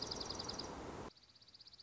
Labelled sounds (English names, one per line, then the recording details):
Dark-eyed Junco
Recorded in Sonoma County, California